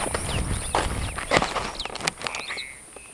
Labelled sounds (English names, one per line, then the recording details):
Superb Starling flight call
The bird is a female
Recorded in Kenya on 8 June 2010
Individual 47, of group MRC1